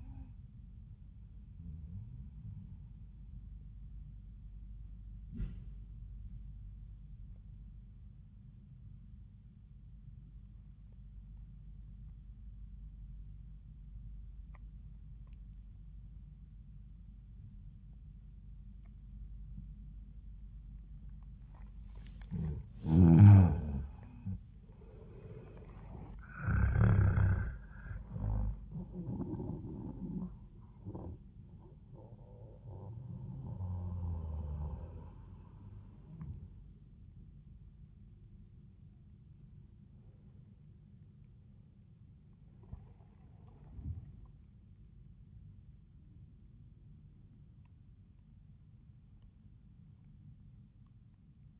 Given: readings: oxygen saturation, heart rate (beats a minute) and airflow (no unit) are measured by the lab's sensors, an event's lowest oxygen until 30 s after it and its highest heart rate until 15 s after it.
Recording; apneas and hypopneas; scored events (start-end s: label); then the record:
breathing in sleep by a smartphone at the bedside; 1
7.00-21.30 s: obstructive apnea (N1, oxygen 95% highest, then 86% lowest, heart rate 71 at the start, 86 highest)
From the record:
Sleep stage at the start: N1 (lightest sleep); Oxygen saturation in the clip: 86 to 97%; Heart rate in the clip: 70 to 86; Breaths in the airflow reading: 5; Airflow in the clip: -7.2 to 6.6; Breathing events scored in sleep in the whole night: 400 in 8.7 hours asleep